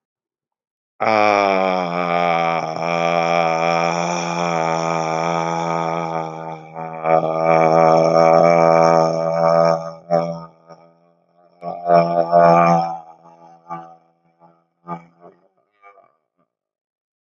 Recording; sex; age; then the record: vowel held as long as possible; male; 30 to 39 years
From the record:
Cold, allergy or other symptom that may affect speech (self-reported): no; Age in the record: 35 years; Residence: Tennessee, United States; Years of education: 13